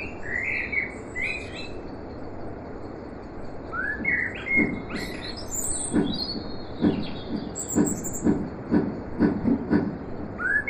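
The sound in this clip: Blackbird singing short fluty warbles with high squeaky flourishes, then a run of regular dull knocks or clicks about twice a second over constant background noise.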